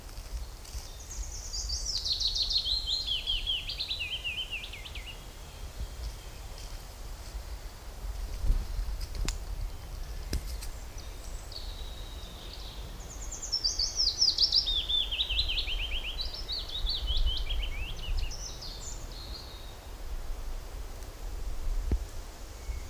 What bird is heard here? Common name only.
Willow Warbler